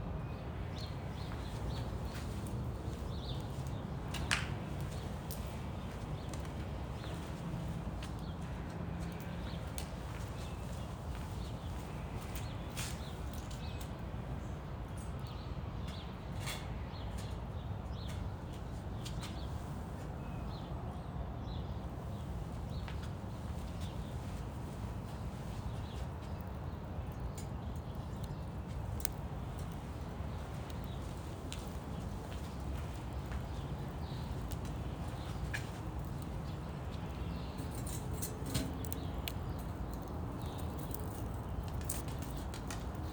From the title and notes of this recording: Sunrise with a small fire in Phoenix, Arizona. I decided to enjoy the Sunrise from my backyard, with a small fire. We recently got a gift of a Solo Stove Mesa, which is around 9 inches tall and 3-4 inches in diameter. You can also hear a lot of the traffic starting to pick up outside my neighborhood in Central Phoenix, Arizona. Some of the crackling of the wood burning in the Solo Stove. Birds chirping.